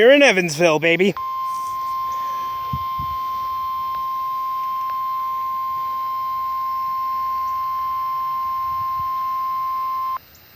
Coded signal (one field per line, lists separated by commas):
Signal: Emergency Alert System (SAME) tones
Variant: 1050 Hz attention tone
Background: speech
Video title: (EAS #75) Required Weekly Test